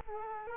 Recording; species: mosquito wingbeat signal from an infrared sensor; Culex quinquefasciatus